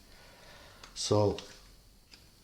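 A plastic collated screw strip is handled at the feed channel of the nosepiece on a Makita 18V cordless auto-feed screwdriver (BFR550), with faint ticks at about 0.8 and 2.1 s. Someone talks briefly in the middle. The strip has not yet clicked into its locked position; nothing has seated yet.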